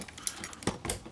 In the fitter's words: There we go. I heard it click.